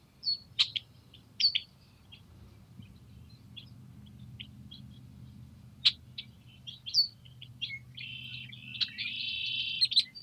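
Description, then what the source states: Red-winged blackbirds with scattered sharp chips and short whistles, ending in a harsh buzzy trill, over a steady low wind rumble. Nesting in cattails near a house, wary of the microphone; Montana, morning of April 21, 2022, after fresh snow; brief wind gusts; Rode NTG-2 shotgun mic on boom pole, Zoom H4N.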